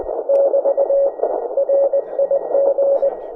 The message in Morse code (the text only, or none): <BT> RIG